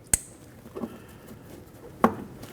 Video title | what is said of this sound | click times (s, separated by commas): How to Replace Vapor Canister Purge Solenoid Valve 2013-2019 Ford Escape 1.5L L4 | Wait for the click. | 0.1 s